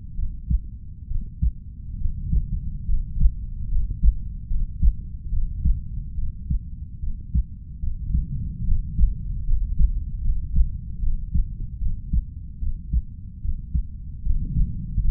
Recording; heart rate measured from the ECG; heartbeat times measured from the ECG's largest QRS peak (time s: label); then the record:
heart sounds by stethoscope; 73 bpm
0.15 s: heartbeat
1.07 s: heartbeat
1.97 s: heartbeat
2.85 s: heartbeat
3.68 s: heartbeat
4.47 s: heartbeat
5.29 s: heartbeat
6.14 s: heartbeat
6.99 s: heartbeat
7.79 s: heartbeat
8.64 s: heartbeat
9.44 s: heartbeat
10.21 s: heartbeat
10.99 s: heartbeat
11.78 s: heartbeat
12.58 s: heartbeat
13.40 s: heartbeat
14.22 s: heartbeat
15.00 s: heartbeat
From the record:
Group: healthy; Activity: rest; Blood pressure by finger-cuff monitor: 112/57 mmHg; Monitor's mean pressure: 71 mmHg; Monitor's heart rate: 73 bpm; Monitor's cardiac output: 5.7 L/min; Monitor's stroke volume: 82 mL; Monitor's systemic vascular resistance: 880 dyn s/cm5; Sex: female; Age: 32 years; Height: 168 cm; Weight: 61.9 kg